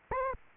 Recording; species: mosquito wingbeat signal from an infrared sensor; Aedes aegypti